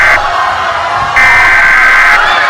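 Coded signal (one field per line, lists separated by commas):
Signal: Emergency Alert System (SAME) tones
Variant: header bursts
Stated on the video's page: Fictional EAS scenario using valid SAME tones.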